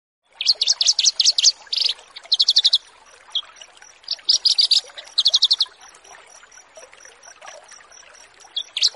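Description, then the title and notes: Horsfield's bush lark song: rapid high rattling chip series in several bursts, then a quieter stretch of steady ticking before one more brief burst. Bird-keeping song tutoring recording used to train caged birds. "Branjangan VS BURGER Masteran Mewah 1. burung BRANJANGAN"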